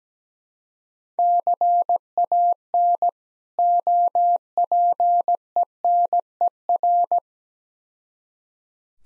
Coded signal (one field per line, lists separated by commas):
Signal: Morse code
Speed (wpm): 17 wpm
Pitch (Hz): 700 Hz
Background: none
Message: CAN OPENER